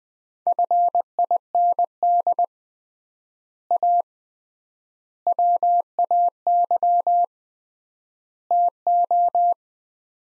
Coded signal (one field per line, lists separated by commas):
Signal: Morse code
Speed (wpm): 20 wpm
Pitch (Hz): 700 Hz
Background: none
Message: FIND A WAY TO